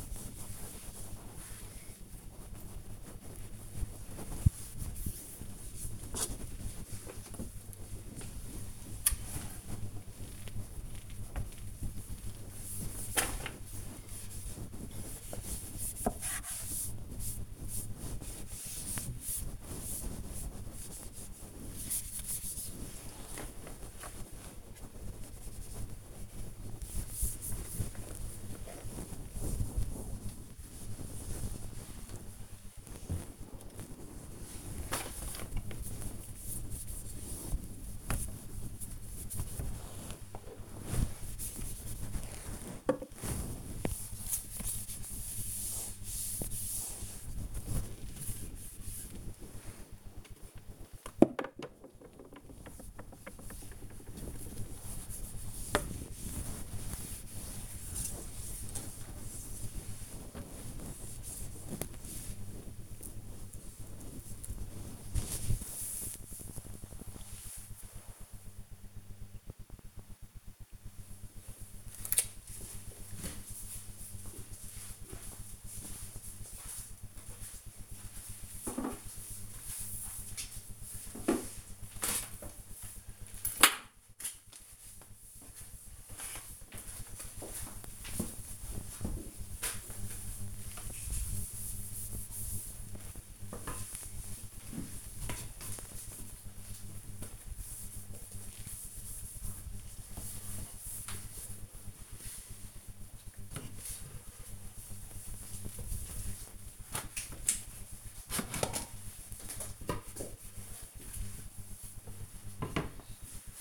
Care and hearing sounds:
household activities, microphone on the right wrist
0.00-65.10 s: dusting furniture
77.20-113.61 s: dusting furniture

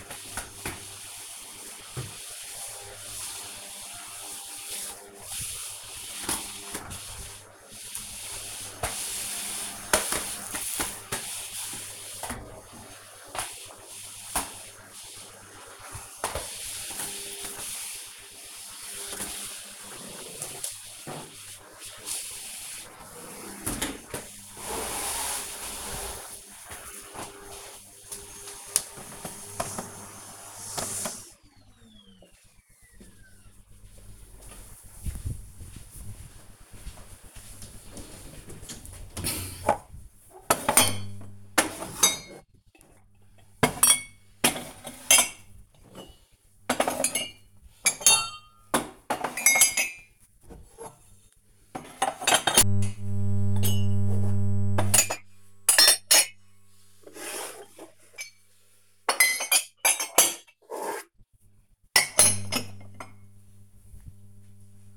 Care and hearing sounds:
household activities, microphone on the right wrist
0.00-27.83 s: vacuum cleaning
37.91-62.10 s: putting away the dishes

